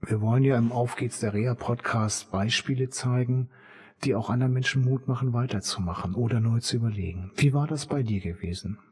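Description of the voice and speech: A man speaks German in a clear, fluent voice at a moderate pitch and an even pace, with one short pause mid-sentence. His articulation is crisp and his voice is steady, so this is ordinary, unimpaired speech in an interview-style introduction.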